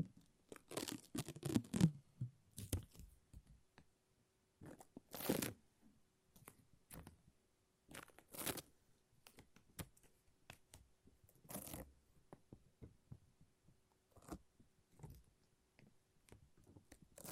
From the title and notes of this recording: ASMR No Talking Satisfying Sticky Sounds (Lint Roller and Tape).